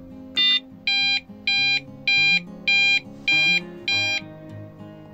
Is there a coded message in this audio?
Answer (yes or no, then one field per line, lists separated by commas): no